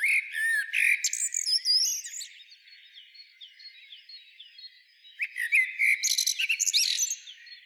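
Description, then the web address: Common blackbird singing: a warbling phrase with squeaky high notes, a lull of a few seconds, then another mellow warble trailing into high twitters. "SETE data Turdus merula"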